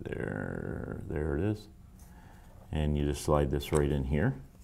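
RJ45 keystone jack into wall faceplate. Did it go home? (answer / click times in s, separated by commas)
no / none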